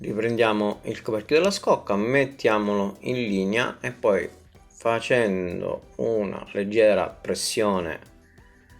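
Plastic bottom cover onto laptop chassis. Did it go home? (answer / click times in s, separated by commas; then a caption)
no / none. Someone talks throughout while the plastic bottom cover of an Acer Extensa 15 laptop (EX215-21, EX215-21G, EX215-31), during a RAM upgrade, is lined up with the laptop chassis and about to be pressed lightly along its edges so the small clips snap in. Nothing has seated or clicked yet; the clip ends before the cover goes home.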